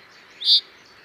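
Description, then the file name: Common chaffinch giving one brief, sharp, high call note over faint background hiss. "Fringilla coelebs"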